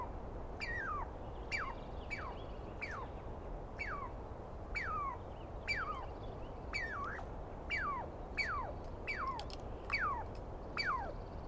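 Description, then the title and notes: Douglas squirrel calls: a long series of about a dozen downward-sliding notes, some closely paired, repeated roughly every second over soft background hiss. Douglas pine squirrel, East Cascades, dawn on 21 April 2017, screaming persistently at the recordist; identified by sound, not clearly seen. "On the morning of 21 April, 2017, I set up my microphones and recorder for a nice dawn recording in the East Cascades. I was started awake by a screaming Douglas Pine Squirrel."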